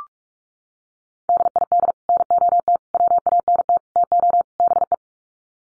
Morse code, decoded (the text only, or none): DID NOT WANT TO BE